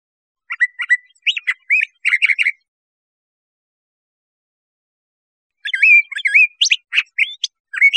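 Curve-billed thrasher singing two bursts of quick warbled and whistled notes separated by about three seconds of silence.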